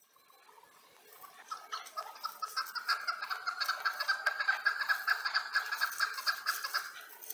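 Chukar giving a rapid run of hoarse clucking notes that swells from quiet to loud.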